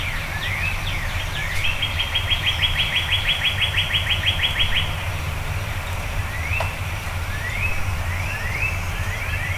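Birds singing before dawn: a few sliding chirps, a fast regular trill lasting a few seconds, then spaced rising whistled notes, with a low steady rumble throughout.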